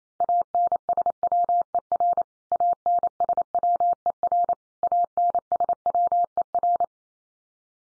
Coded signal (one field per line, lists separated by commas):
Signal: Morse code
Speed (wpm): 28 wpm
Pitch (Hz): 700 Hz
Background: none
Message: ANSWER ANSWER ANSWER